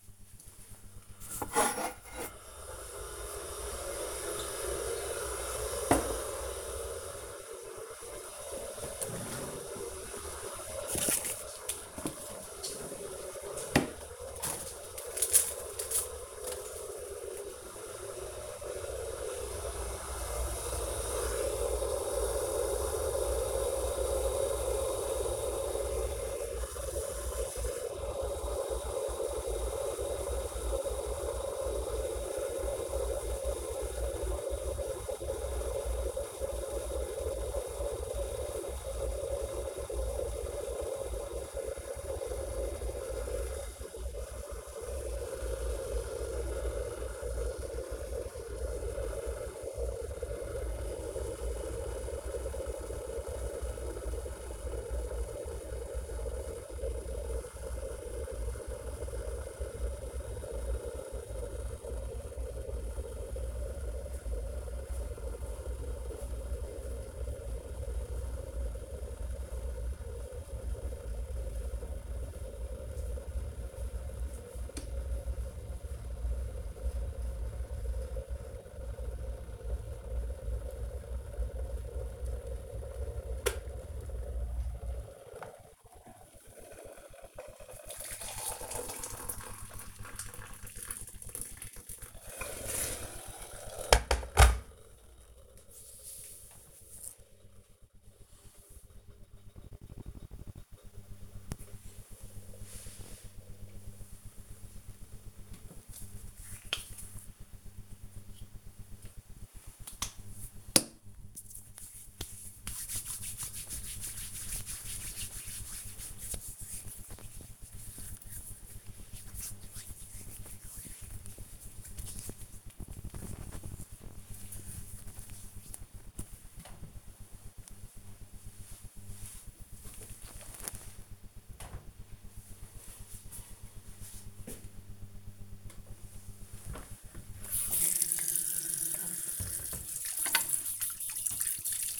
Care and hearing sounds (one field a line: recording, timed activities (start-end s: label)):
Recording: household activities, microphone on the right wrist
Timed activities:
0.00-95.40 s: making tea
105.45-129.62 s: cream hands
135.66-142.00 s: washing dishes